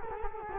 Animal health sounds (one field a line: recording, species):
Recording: mosquito wingbeat signal from an infrared sensor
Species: Culex quinquefasciatus